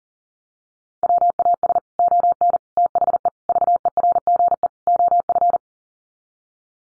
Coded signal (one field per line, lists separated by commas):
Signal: Morse code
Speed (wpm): 40 wpm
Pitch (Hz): 700 Hz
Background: none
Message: WAS ON THE VERGE OF